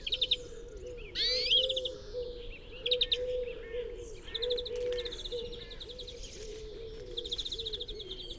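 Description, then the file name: European greenfinch song: a loud sweeping note followed by twittering phrases and quick trills, with a constant low background sound. "Chloris chloris"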